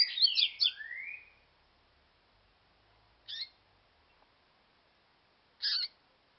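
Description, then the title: Double-collared seedeater song fragment: a rapid cluster of high chirps and a rising whistle, followed by two short separate chirped notes after pauses. "Canto Coleiro"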